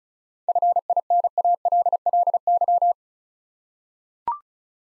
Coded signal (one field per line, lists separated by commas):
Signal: Morse code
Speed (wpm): 36 wpm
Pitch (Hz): 700 Hz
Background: none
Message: FINALLY